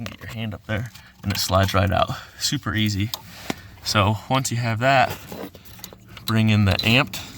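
Someone talks while handling the plastic connector of an Amp'd Throttle Boost add-on throttle module harness (with power switch), bringing it to the accelerator pedal sensor on a Ram 3500 Cummins. A few short handling sounds come through around 5.6 to 5.9 s. The connector has not yet been pushed on, and nothing has seated or clicked.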